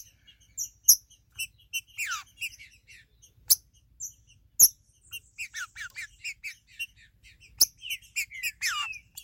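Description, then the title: Green-winged saltator song, scattered bright notes and downward-slurred whistles in loose phrases, with several sharp clicks and a faint low hum. "Trinca Ferro"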